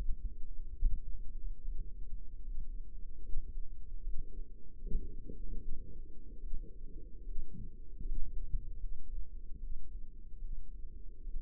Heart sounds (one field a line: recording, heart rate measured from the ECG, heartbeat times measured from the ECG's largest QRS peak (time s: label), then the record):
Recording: heart sounds by microphone in the right ear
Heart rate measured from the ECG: 75 bpm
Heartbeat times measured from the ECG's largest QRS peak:
0.78 s: heartbeat
1.61 s: heartbeat
2.40 s: heartbeat
3.19 s: heartbeat
4.01 s: heartbeat
4.77 s: heartbeat
5.56 s: heartbeat
6.38 s: heartbeat
7.22 s: heartbeat
8.01 s: heartbeat
8.77 s: heartbeat
9.57 s: heartbeat
10.38 s: heartbeat
11.20 s: heartbeat
From the record:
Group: healthy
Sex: female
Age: 22 years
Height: 171 cm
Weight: 65.6 kg